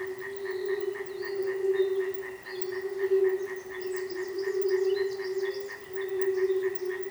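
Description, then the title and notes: Frogs calling: a constant low droning trill, overlaid by rapid, evenly spaced higher pulses and scattered faint higher notes. Frogs in a frog reservation at Manušice, Česká Lípa, Czechia. "Manušice 28, 471 11 Česká Lípa, Česko - Frogs. Frog reservation"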